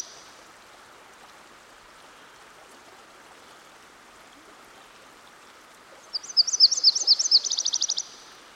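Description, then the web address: Myrtle warbler song arriving after six seconds of steady rushing background: high paired notes, then a quick faster trill ending the phrase. Singing by a stream. "Dan Gibson Songbirds By The Stream. Myrtle Warbler"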